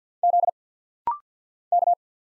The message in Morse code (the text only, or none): Z K